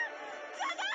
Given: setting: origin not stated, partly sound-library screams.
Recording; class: one-second piece from a danger detection set; woman in danger